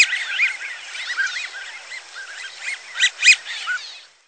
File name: American Wigeon